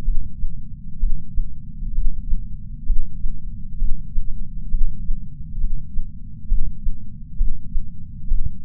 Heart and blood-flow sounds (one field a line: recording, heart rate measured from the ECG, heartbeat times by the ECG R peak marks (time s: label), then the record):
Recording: heart sounds by patch sensor on the chest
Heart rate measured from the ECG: 66 bpm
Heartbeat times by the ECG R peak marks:
0.06 s: heartbeat
1.01 s: heartbeat
1.96 s: heartbeat
2.88 s: heartbeat
3.80 s: heartbeat
4.72 s: heartbeat
5.63 s: heartbeat
6.50 s: heartbeat
7.39 s: heartbeat
8.29 s: heartbeat
From the record:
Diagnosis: coronary artery disease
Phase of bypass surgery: preoperative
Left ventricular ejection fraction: 62.1%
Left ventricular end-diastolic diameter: 45 mm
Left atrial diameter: 40 mm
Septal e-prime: 8 cm/s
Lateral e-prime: 10 cm/s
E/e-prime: 5.6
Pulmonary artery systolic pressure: 22 mmHg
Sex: male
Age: 60 years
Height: 170 cm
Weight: 67 kg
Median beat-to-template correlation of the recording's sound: 0.93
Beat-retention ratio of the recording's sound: 1.00